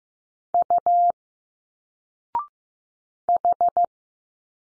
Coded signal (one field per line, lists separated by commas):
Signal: Morse code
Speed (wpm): 15 wpm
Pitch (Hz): 700 Hz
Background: none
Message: U H